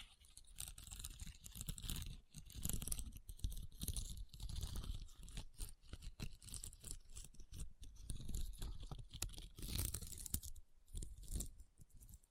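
Rhinestones being tapped and scratched, a busy run of short crisp clicks and crunchy scrapes that never settles into a steady rhythm. The sounds are bright and gritty with a low rumble beneath, coming in dense bursts with brief quieter gaps around three and eleven seconds.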